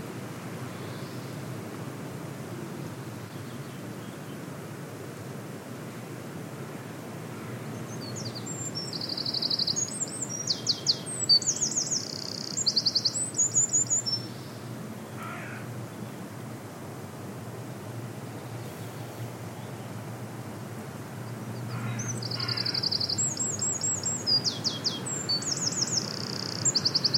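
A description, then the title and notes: A Eurasian wren sings two bursts of loud, very high, rapid trills and chattering notes, one from about eight to thirteen seconds and another near the end. A steady low rumble of wind or surf runs underneath throughout, with a few faint calls between the songs. The Song Of The Eurasian Wren. As I am walking on a beach in Rhu, just outside of Helensburgh Scotland, I hear this song.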